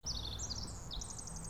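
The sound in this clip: Bird calls: quick, high, thin chirps with rising and falling notes, ending in a rapid run of short repeated notes over a low background rumble.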